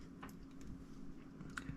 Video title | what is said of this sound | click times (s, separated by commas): My fix for wheel disconnect, gear shifting, button & display freeze issue #fanatec #qr1 #qr2 #csldd | just make sure the groes at the side line up and just push it in and you feel a little click when the USB | 1.6 s